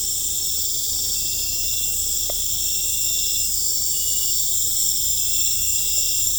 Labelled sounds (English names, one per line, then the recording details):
none
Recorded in pastures near Puerto Asís, Putumayo, Colombia, on 18 December 2024 at 20:30
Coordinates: 0.496, -76.326
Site G004